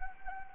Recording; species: mosquito wingbeat signal from an infrared sensor; Anopheles gambiae